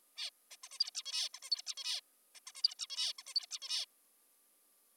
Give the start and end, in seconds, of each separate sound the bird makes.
0.18-0.30, 0.51-0.56, 0.64-0.69, 0.72-0.78, 0.80-0.90, 0.95-1.03, 1.06-1.29, 1.34-1.40, 1.43-1.50, 1.51-1.62, 1.66-1.74, 1.77-2.00, 2.35-2.40, 2.47-2.52, 2.56-2.62, 2.64-2.74, 2.79-2.87, 2.90-3.13, 3.19-3.23, 3.27-3.34, 3.35-3.46, 3.51-3.59, 3.62-3.85